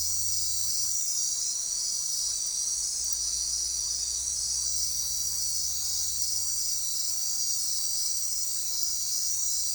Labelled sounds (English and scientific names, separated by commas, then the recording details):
none
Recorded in forest near Pivijay, Magdalena, Colombia, on 6 June 2023 at 19:30
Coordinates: 10.467, -74.380
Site Z5-G034